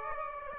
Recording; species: mosquito wingbeat signal from an infrared sensor; Aedes aegypti